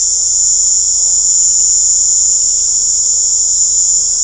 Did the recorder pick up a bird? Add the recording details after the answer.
no. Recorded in pastures near Puerto Asís, Putumayo, Colombia, on 18 December 2024 at 19:00. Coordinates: 0.497, -76.327. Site G088